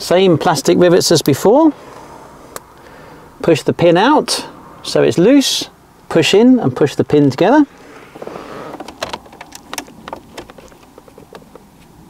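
During a 2024 head unit installation in a MINI F56, a plastic push-pin rivet is handled for the car's interior trim panel: its pin is pushed out so it is loose, then the rivet is pushed in and the pin pushed together to lock it. Someone talks in bursts for most of the clip, followed by quieter faint handling ticks and a few brief sharp clicks near the end. Nothing has seated or snapped home yet.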